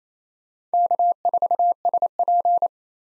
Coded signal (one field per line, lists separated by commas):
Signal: Morse code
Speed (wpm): 28 wpm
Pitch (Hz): 700 Hz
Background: none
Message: K4SP